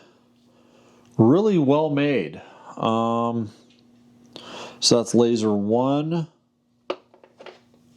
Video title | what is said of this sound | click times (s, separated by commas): Red Light Therapy Tool for Joint Pain — First Unboxing & Why I’m Testing It | Whoop, they snap right in and out. | 6.9 s